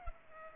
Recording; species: mosquito wingbeat signal from an infrared sensor; Culex pipiens